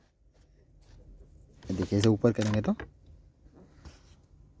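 Someone talks while handling the plastic manual neutral release lever (or strap) on a Range Rover gearbox, which is pulled upward toward its raised, locked position. Speech fills roughly 1.7 to 2.8 s, followed by low background noise and a faint brief sound near 3.9 s. Nothing has seated or clicked yet.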